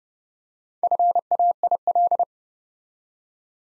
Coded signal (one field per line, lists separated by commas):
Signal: Morse code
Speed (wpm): 30 wpm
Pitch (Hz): 700 Hz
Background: none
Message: FAIL